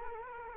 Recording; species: mosquito wingbeat signal from an infrared sensor; Culex quinquefasciatus